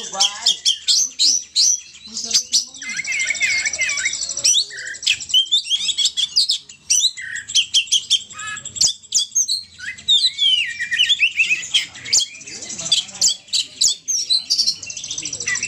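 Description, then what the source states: Oriental magpie-robin song, long and varied: clipped chirps, rasping rattles and slurred high whistles pour out almost without pause, with short gaps between bursts. Champion bird singing in 'ngobra' style.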